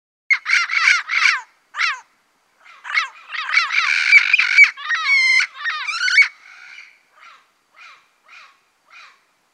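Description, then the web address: Turquoise-fronted amazon calls: loud, harsh squawks and shrieks in varied bursts, then a few faint squawks at the end. Recorded in the Pantanal, Brazil. "sescpantanal. Papagaio verdadeiro"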